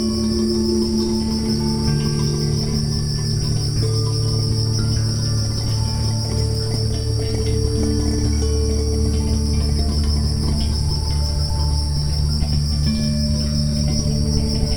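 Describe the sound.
Crickets chirping in a continuous high trill, accompanied by gentle held synth chords shifting slowly underneath.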